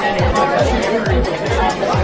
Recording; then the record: background sound without coughing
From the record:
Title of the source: Nightlife Party Simulating Party Club Noise 1 Hour